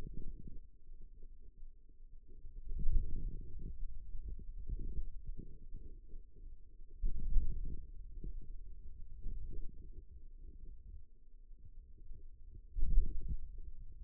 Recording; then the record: forearm muscle sounds (acoustic myography)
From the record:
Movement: wrist flexion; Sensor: system 2, bracelet of six BSWA MPA416 microphones around the upper forearm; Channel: 3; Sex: male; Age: 22 years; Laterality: right